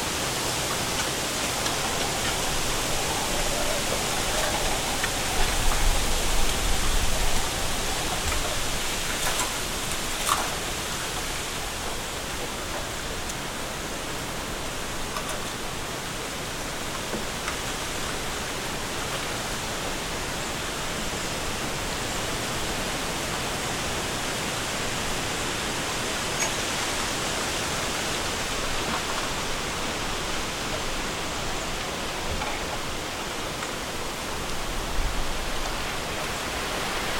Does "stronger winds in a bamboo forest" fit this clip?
yes